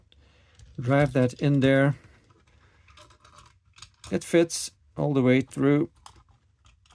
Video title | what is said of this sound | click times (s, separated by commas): Chase Report week 50 2023 : Majorette (Jada), Hot Wheels & Maisto | and then does that no it doesn't click does it no it just uh just shuts no | none